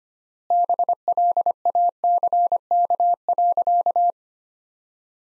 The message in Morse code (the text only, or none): BLACK.